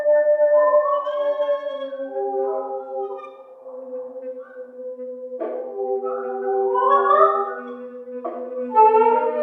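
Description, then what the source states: Brown rat vocalizations lowered in pitch, a sustained low droning tone beneath wavering, rising and falling harmonic calls, with a couple of abrupt clicks. Rats recorded at multiple New York City street sites with an ultrasonic microphone for Urban Intonation, then resampled and pitch-shifted into the range of the human voice for public-address playback.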